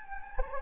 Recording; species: mosquito wingbeat signal from an infrared sensor; Anopheles gambiae